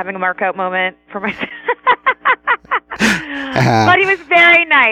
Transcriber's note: laughs